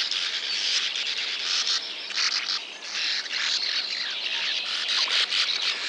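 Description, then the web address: Sand martins chattering in a dense, continuous chorus of overlapping dry, high twittering calls that never pause, with many birds calling at once. Recorded in Lower Saxony, Germany. "niedersachsen uferschwalbe"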